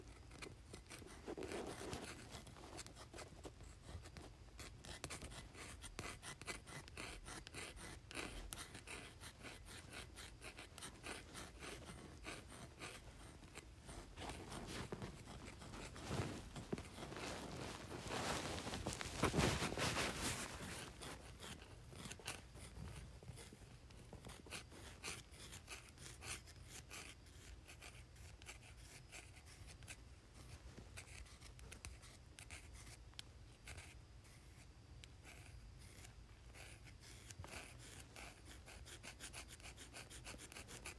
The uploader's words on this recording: ASMR Pencil on Cardboard.